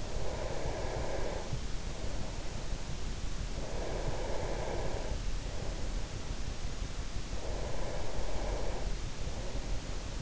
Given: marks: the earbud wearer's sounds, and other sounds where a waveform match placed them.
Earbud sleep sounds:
sounds in sleep by an in-ear microphone; breath
0.00-2.75 s: breath
3.54-6.50 s: breath
7.25-10.21 s: breath

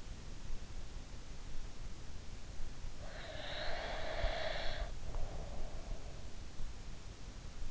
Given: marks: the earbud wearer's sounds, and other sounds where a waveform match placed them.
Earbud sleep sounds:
sounds in sleep by an in-ear microphone; breath
2.98-6.42 s: breath

